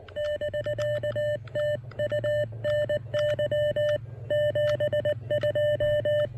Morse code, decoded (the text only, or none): <BK> TU NY 72